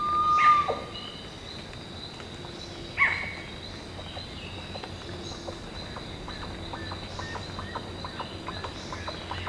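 Bird calls: a brief flat whistle then a single harsh downward call, followed by soft ticking and a low background hum.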